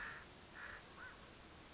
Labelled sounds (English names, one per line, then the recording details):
American Crow
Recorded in Sonoma County, California